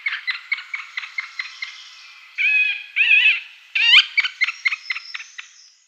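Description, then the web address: Middle spotted woodpecker with a quick run of short clipped notes, then a few longer harsh nasal calls, followed by another quick run of short notes. Display calls. "Schulze Peter Middle Spotted Woodpecker display"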